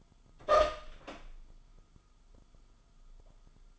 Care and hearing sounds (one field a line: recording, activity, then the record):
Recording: daily activity, microphone in the room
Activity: open door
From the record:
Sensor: 5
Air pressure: 1005.0 hPa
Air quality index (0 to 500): 104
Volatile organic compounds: 2 ppm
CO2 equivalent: 1265 ppm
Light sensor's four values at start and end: 34/80/32/31 and 34/80/32/31